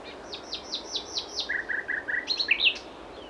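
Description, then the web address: Common nightingale song: a run of six descending whistled notes, then several lower flat notes, ending in a few loud higher notes. "SETE data Luscinia megarhynchos"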